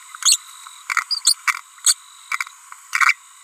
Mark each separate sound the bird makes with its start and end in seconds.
0.23-0.36, 1.11-1.19, 1.25-1.33, 1.85-1.93, 2.93-3.13